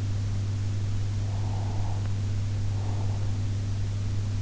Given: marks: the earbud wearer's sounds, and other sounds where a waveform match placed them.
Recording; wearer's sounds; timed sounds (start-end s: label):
sounds in sleep by an in-ear microphone; breath
1.07-3.79 s: breath